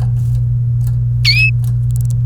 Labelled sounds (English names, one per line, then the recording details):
Domestic Canary song
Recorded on 27 April 2018 at 16:46
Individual llb3